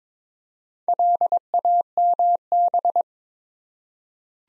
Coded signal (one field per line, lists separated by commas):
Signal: Morse code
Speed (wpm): 22 wpm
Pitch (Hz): 700 Hz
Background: none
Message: LAMB